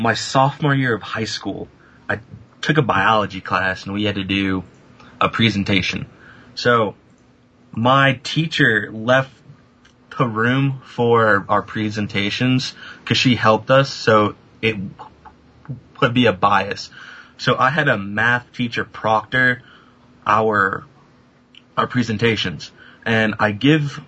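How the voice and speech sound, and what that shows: A young adult man, a college student who stutters, tells a story in halting speech. Drawn-out vowels and silent pauses break phrases mid-sentence, with blocks where words will not come out. These prolongations and blocks fit stuttering, a fluency disorder disrupting the flow of speech. He had speech therapy from first through twelfth grade and uses easy onset and breathing techniques.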